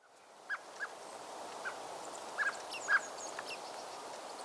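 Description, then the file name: Common blackbird uttering a few clipped call notes, spaced unevenly with a quick double note past the middle, against a constant hiss. "Turdus merula"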